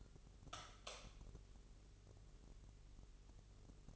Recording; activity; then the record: daily activity, microphone in the room; light on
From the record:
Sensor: 4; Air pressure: 996.1 hPa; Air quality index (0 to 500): 65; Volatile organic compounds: 2 ppm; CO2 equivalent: 1170 ppm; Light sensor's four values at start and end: 15/34/13/13 and 18/46/18/18